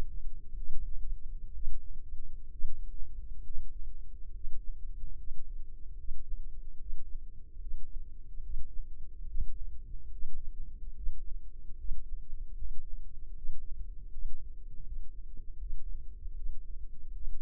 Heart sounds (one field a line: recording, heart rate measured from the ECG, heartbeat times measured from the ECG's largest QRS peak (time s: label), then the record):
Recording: heart sounds by microphone in the left ear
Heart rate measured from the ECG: 72 bpm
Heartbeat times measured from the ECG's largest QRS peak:
0.53 s: heartbeat
1.50 s: heartbeat
2.47 s: heartbeat
3.40 s: heartbeat
4.29 s: heartbeat
5.13 s: heartbeat
5.94 s: heartbeat
6.75 s: heartbeat
7.57 s: heartbeat
8.40 s: heartbeat
9.24 s: heartbeat
10.09 s: heartbeat
10.92 s: heartbeat
11.75 s: heartbeat
12.54 s: heartbeat
13.33 s: heartbeat
14.08 s: heartbeat
14.82 s: heartbeat
15.56 s: heartbeat
16.32 s: heartbeat
17.11 s: heartbeat
From the record:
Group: healthy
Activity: Valsalva maneuver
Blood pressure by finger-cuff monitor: 101/72 mmHg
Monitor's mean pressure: 77 mmHg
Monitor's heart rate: 73 bpm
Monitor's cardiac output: 4.7 L/min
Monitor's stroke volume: 65 mL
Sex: female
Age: 36 years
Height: 163 cm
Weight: 88 kg